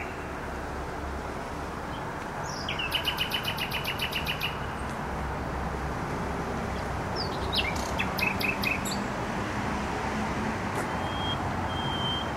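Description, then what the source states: Nightingale song with a fast run of repeated notes, a later shorter series, and a thin drawn-out whistle, over loud, constant traffic. Singing in bushes close to a noisy motorway, Trasa Toruńska, Bródno-Podgrodzie, Warsaw, Poland; recorded with an Olympus LS-11.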